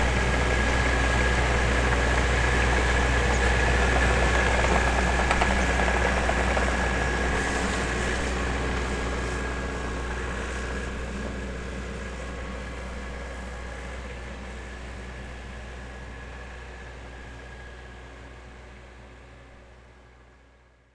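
A tractor engine rattles and drones steadily, with a deep throbbing low end and a thin steady whine riding above it. The sound holds evenly for the first half, then gradually fades away toward silence by the end.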